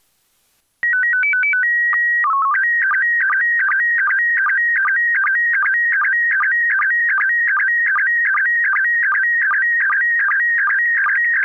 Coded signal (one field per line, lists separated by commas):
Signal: SSTV (slow-scan television)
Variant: PD 50